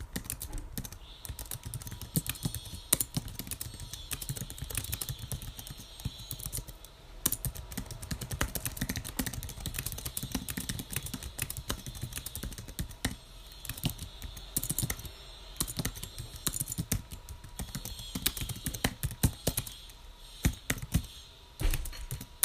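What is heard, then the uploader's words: Typing on a keyboard, with dense, quick keystrokes clattering steadily through the whole clip, broken only by a few brief pauses around seven and fifteen seconds. The clicks are crisp over a faint, constant low hum and a thin high whine. Typing.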